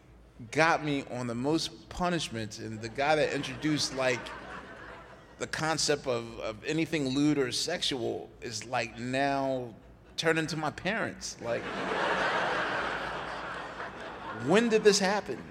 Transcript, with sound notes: got me on the most punishment and the guy that introduced, like, the concept of anything lewd or sexual is, like, now - turned into my parents, like...
(LAUGHTER)
When did this happen?